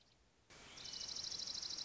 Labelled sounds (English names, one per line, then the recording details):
Dark-eyed Junco
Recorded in Sonoma County, California